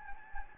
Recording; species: mosquito wingbeat signal from an infrared sensor; Anopheles gambiae